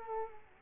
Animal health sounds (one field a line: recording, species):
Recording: mosquito wingbeat signal from an infrared sensor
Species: Culex quinquefasciatus